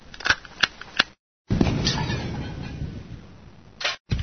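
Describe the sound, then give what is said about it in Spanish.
Three sharp, snappy gunshots ring out about a third of a second apart, followed after a brief silence by a long hissing, rumbling burst and then two short noisy bursts. No one speaks. “Los disparos en Parte del Aire para los grupos ultracatólicos y para el gobernador de Río de Janeiro.”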